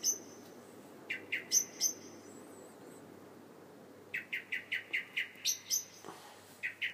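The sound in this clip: Bird song of sharp, high chirps: a few spaced notes, then after a pause a rapid series of several chirps.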